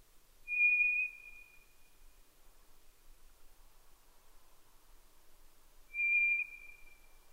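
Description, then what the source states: White's thrush song: two long, thin, level whistles, each about a second, several seconds apart against a quiet background. At night, 22:35, 11 June 2011.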